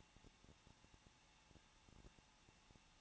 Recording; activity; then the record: daily activity, microphone in the room; no activity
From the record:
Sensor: 1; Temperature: 20.1 degrees Celsius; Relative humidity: 39.1%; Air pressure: 1006.4 hPa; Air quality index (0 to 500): 216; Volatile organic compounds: 74 ppm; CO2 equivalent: 3555 ppm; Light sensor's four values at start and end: 1/2/1/1 and 1/2/1/1